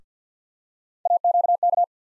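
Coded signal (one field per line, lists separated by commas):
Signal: Morse code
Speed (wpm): 50 wpm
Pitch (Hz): 700 Hz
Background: none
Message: AQK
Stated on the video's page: Morse practice of three-letter USA callsign postfixes at 50 wpm for head copy.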